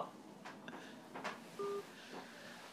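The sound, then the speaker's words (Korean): A short, steady electronic phone tone sounds once as a phone call to a radio program is disconnected, a two-pitch beep lasting about a fifth of a second, after a few soft clicks and rustles over a quiet line hiss. “네, 아 이렇게 전화 연결을 끝냈네요.”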